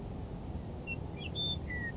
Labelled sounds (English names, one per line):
Western Meadowlark